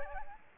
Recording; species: mosquito wingbeat signal from an infrared sensor; Aedes aegypti